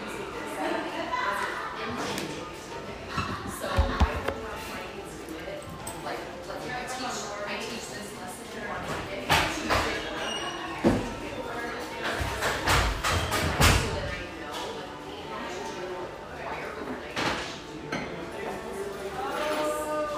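A busy café hums with overlapping chatter, clinking cups and occasional thumps, with sharper clatters around nine and thirteen seconds.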